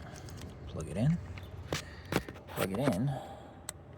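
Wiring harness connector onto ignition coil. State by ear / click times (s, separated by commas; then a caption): seated / 3.7 s. A plastic wiring harness connector is pushed onto a new ignition coil on a 2007–2008 Honda Fit while someone talks. There are a few soft handling clicks and scrapes. One sharp click at 3.7 s marks the connector seating on the coil.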